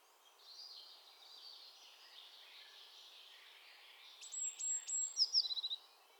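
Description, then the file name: Eurasian blue tit: a few thin, very high notes then a fast string of short falling notes near the end, with a soft bird chorus throughout. "Cyanistes caeruleus"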